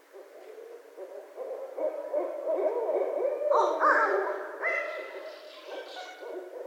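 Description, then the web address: Barred owl hooting in a rapid series, with louder, higher cackling notes midway, then more hoots trailing off. Recorded 26 February 2012. "Barred Owl 2012 02 26 Barred Owl"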